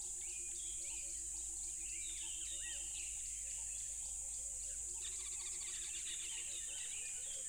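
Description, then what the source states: Crickets in a high, unbroken shrill chorus, with bird chirps and a series of soft repeated low notes. Loud crickets by a tropical river.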